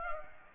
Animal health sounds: mosquito wingbeat signal from an infrared sensor; Culex pipiens

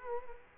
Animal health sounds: mosquito wingbeat signal from an infrared sensor; Culex quinquefasciatus

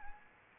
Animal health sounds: mosquito wingbeat signal from an infrared sensor; Anopheles arabiensis

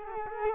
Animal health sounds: mosquito wingbeat signal from an infrared sensor; Culex quinquefasciatus

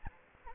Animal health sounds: mosquito wingbeat signal from an infrared sensor; Anopheles arabiensis

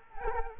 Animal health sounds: mosquito wingbeat signal from an infrared sensor; Culex quinquefasciatus

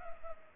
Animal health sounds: mosquito wingbeat signal from an infrared sensor; Culex pipiens

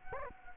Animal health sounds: mosquito wingbeat signal from an infrared sensor; Culex quinquefasciatus

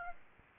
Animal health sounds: mosquito wingbeat signal from an infrared sensor; Aedes aegypti

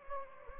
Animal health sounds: mosquito wingbeat signal from an infrared sensor; Anopheles gambiae

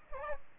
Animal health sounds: mosquito wingbeat signal from an infrared sensor; Aedes albopictus

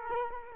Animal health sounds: mosquito wingbeat signal from an infrared sensor; Culex quinquefasciatus

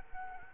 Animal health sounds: mosquito wingbeat signal from an infrared sensor; Culex quinquefasciatus

